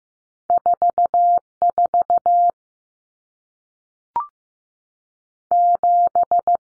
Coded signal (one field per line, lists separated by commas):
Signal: Morse code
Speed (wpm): 15 wpm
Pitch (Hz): 700 Hz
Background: none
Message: 44 7